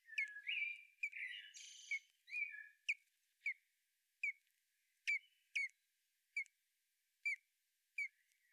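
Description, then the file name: Common blackbird giving scratchy notes, then a steady run of sharp chink calls roughly every half second to second. "Turdus merula"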